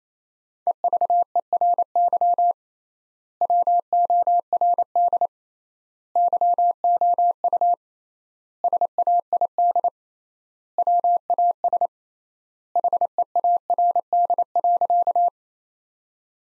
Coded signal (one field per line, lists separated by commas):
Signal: Morse code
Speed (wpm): 27 wpm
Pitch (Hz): 700 Hz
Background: none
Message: EVERY WORD YOU SAID WAS HEARD.